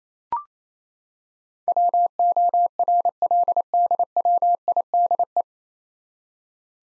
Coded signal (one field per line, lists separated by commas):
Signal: Morse code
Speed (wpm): 28 wpm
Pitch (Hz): 700 Hz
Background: none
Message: WORLDWIDE